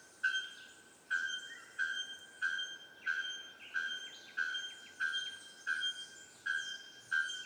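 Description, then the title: Bird song: a clear, steady whistled note with a sharp start, repeated about every 0.7 seconds, many times, over a soft background hiss. Birdsong in tropical forest on Ilha Grande, Brazil; species unknown. "Oiseaux à Ilha grande"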